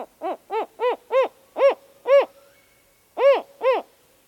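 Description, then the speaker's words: Northern spotted owl, a run of several deep barking hoots, a short break, then two more emphatic hoots. Northern spotted owl giving its four-note call, replayed. "In part one, the mystery sound was the call of a northern spotted owl. It's a four-note call. Let's listen to that song again."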